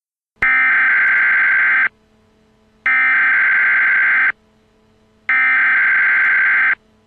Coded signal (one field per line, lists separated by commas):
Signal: Emergency Alert System (SAME) tones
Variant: header bursts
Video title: EAS: Jacskon, Wyoming terrorist attack (I)